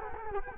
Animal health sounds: mosquito wingbeat signal from an infrared sensor; Culex quinquefasciatus

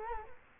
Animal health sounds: mosquito wingbeat signal from an infrared sensor; Culex quinquefasciatus

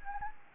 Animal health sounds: mosquito wingbeat signal from an infrared sensor; Anopheles gambiae

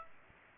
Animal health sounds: mosquito wingbeat signal from an infrared sensor; Aedes aegypti

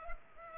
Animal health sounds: mosquito wingbeat signal from an infrared sensor; Culex pipiens

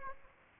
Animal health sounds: mosquito wingbeat signal from an infrared sensor; Aedes aegypti

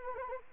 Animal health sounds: mosquito wingbeat signal from an infrared sensor; Anopheles arabiensis

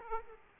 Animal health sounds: mosquito wingbeat signal from an infrared sensor; Aedes aegypti

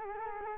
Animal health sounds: mosquito wingbeat signal from an infrared sensor; Culex quinquefasciatus

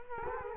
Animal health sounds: mosquito wingbeat signal from an infrared sensor; Culex quinquefasciatus

